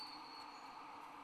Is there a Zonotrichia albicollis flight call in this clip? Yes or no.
no